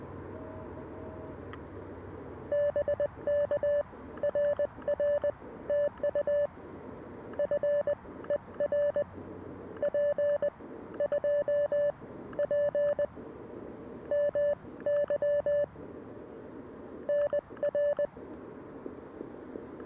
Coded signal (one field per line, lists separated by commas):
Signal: Morse code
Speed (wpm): 20 wpm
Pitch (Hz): 580 Hz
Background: none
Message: BK RR TU FER P2P MY NR